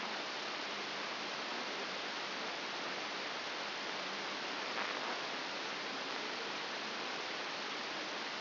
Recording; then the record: brain microelectrode recording played as sound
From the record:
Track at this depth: outside the subthalamic nucleus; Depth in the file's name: 6.501 mm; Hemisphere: left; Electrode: 2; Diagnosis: Parkinson's disease